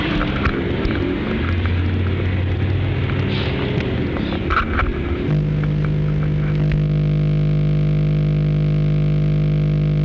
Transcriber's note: interference